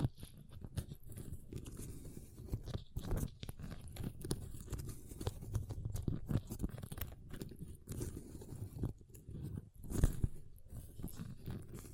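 Ice being tapped, scratched and carved, with a continuous low grinding rumble under frequent sharp crunching strikes. Brighter scraping bursts and taps land irregularly, several per second, with louder hits near three, seven and ten seconds.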